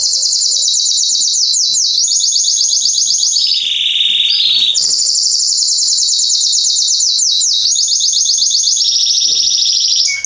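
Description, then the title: Belgian canary song: loud, continuous high rolling trills and rapid repeated notes, shifting between pitches in long unbroken phrases, with a brief lower buzzy passage midway. Male Belgian canary singing a lot; recording meant to warm up young canaries within 30 minutes. "Canary Training Esquente Seu Filhote E Canario Belga Em 30 Minutos Macho Cantando Muito. Esquente seu canrio belga em 30 minutos - Canrio Pastinha cantando"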